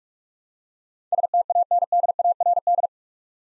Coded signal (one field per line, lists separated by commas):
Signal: Morse code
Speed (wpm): 44 wpm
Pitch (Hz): 700 Hz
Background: none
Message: STANDARD